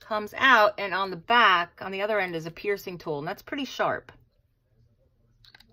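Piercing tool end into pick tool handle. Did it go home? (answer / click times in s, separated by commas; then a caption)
yes / 5.5 s. Someone talks for about four seconds, then after a quiet pause the removable piercing tool end of a crafting pick tool is pushed back into its handle. It locks into place with a sharp click at 5.5 s, followed by two fainter ticks just after.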